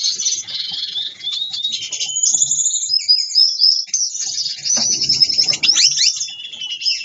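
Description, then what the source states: Gouldian finch singing a continuous high, thin, buzzy and squeaky song of rapid warbled notes, with brief rising whistles and a soft rustle midway. Gouldian finches forming a pair, with a courtship dance.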